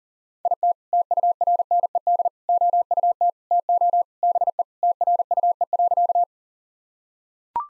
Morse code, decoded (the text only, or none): IT TURNED OUT TO BE TRUE.